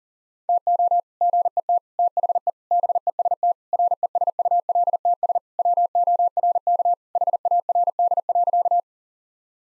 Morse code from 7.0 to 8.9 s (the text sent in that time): HARD.